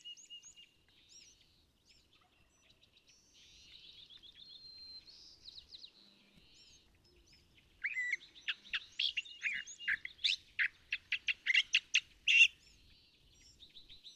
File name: California Thrasher